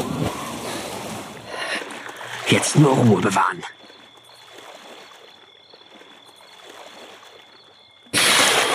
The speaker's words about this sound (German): Dieser zog sich bis auf die Unterhose aus und ließ sich ins Wasser gleiten.